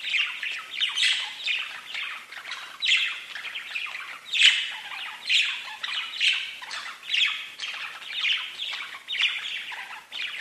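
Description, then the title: Budgerigar chattering continuously, a raspy, buzzy warble broken by short squawks and chirps in irregular bursts. "Budgie Sounds"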